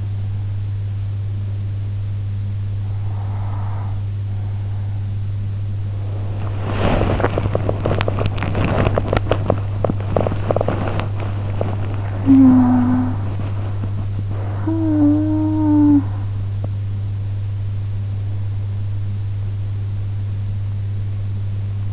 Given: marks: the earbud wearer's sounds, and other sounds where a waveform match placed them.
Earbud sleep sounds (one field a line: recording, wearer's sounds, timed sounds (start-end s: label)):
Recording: sounds in sleep by an in-ear microphone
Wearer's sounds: breath, teeth grinding, talking in sleep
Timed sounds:
2.44-4.44 s: breath
6.44-11.95 s: teeth grinding
11.95-16.44 s: talking in sleep